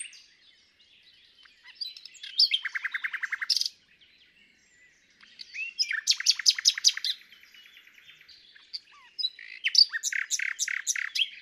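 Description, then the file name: Common nightingale song: rich phrases with a fast rattling trill, then loud repeated chattering notes and sharp whistles, separated by short pauses. "Luscinia megarhynchos"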